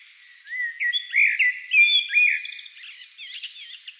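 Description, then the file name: Common blackbird song: a run of clear fluted whistles, followed by higher squeaky twittering notes. "Turdus merula"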